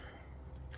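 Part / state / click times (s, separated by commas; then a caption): screw into a mounting hole on a vehicle part / stripped / 0.7 s. A screw is driven into the mounting hole of a fitted part on the Suburban over a steady low rumble, with a short sharp click at 0.8 s. The screw never tightens and strips out because the hole was made too big.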